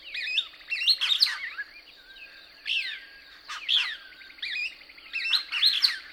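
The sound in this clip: Couch's Kingbird chatter: clusters of sharp, bouncing twitters separated by brief pauses, with faint sliding whistles and a steady high hum.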